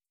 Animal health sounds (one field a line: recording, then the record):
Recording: hydrophone in a shrimp aquaculture tank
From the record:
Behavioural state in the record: starved